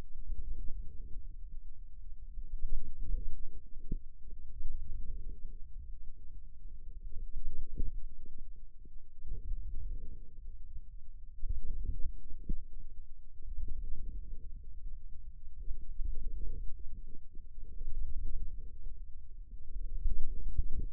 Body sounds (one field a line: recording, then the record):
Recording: forearm muscle sounds (acoustic myography)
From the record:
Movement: wrist flexion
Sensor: system 2, bracelet of six BSWA MPA416 microphones around the upper forearm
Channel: 2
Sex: male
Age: 22 years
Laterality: right